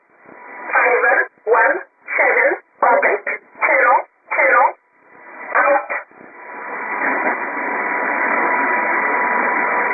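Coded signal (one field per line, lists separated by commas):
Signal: numbers station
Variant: E11 Oblique, English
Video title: 18 01 2018 E11 Oblique Numbers station in English to Eu 0645 on 7840 unknown tx site in USB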